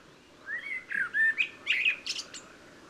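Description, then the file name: Common blackbird song: a low, fluty warbled phrase of several notes that climbs into a brief, high squeaky twitter at the end, over a steady background hiss. "Turdus merula"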